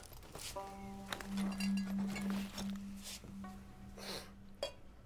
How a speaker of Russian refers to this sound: Он наливает в бокал красное вино, вдыхает аромат и делает глоток.